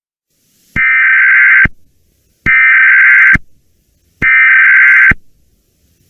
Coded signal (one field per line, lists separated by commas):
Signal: Emergency Alert System (SAME) tones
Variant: header bursts